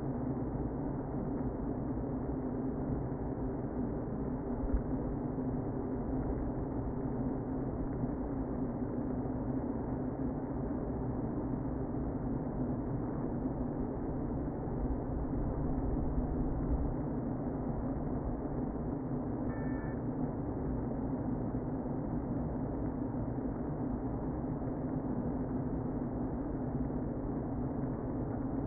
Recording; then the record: honeybee colony, microphone inside the hive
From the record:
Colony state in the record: queen present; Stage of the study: before two queens were removed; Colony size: about 60,000 bees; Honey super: yes